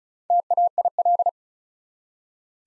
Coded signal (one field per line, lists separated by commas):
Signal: Morse code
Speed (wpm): 36 wpm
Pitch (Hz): 700 Hz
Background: none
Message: TAIL